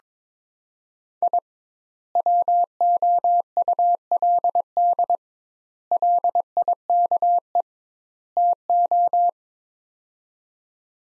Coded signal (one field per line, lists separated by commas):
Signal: Morse code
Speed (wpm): 22 wpm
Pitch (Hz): 700 Hz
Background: none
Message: I WOULD LIKE TO